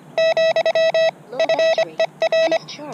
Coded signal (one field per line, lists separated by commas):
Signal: Morse code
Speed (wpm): 25 wpm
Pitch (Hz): 650 Hz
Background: speech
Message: , FER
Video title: Ham Radio RaDAR Rally October 14th 2023